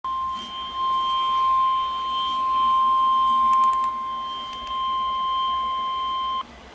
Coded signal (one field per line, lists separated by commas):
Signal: Emergency Alert System (SAME) tones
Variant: 1050 Hz attention tone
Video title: The first Severe Thunderstorm Warning of 2024 [EAS #373]